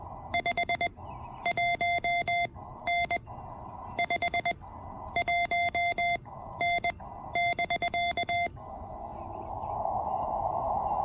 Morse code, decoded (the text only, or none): 51N 51N <BK>